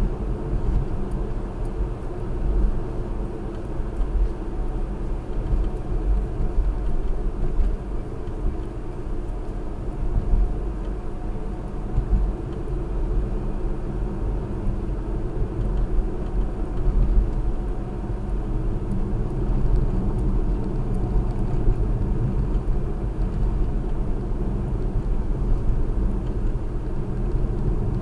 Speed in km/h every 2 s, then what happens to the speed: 68, 66, 63, 61, 61, 64, 66, 64, 64, 63, 61, 61, 60, 61.
0-5 slows to 61. 5-28 steady at about 61.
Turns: none.